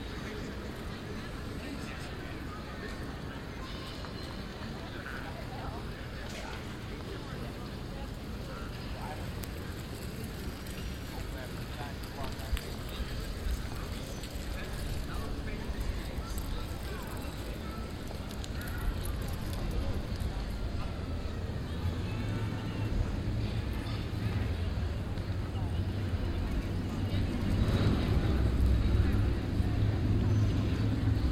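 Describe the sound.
People chatter steadily on café terraces, a dense murmur of many overlapping voices at an even level with occasional clinks and brighter calls. In the last dozen seconds a loud motorcycle rumbles, its low engine growing louder and rising in pitch toward the end.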